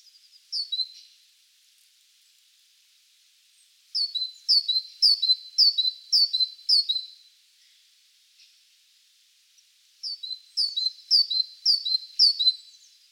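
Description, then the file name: Great tit calls in quick bursts of high, sharp double notes, each a falling chirp followed by a lower tick, repeated in three runs separated by silence. "Parus major"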